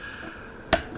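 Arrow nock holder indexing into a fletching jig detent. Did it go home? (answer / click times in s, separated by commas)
yes / 0.7 s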